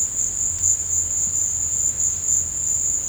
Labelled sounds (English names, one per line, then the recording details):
none
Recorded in dense forest near Puerto Asís, Putumayo, Colombia, on 22 December 2024 at 17:00
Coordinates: 0.481, -76.323
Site G100